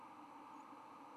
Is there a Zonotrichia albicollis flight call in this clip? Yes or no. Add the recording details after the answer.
no. Another species' flight call is heard. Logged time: 02:16 on 10 November 2014